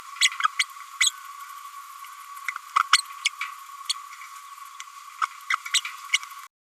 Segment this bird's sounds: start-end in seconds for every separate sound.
0.20-0.30, 0.59-0.65, 1.00-1.11, 2.75-2.79, 2.92-2.98, 3.23-3.30, 3.89-3.93, 5.21-5.27, 5.50-5.56, 5.73-5.80, 6.12-6.17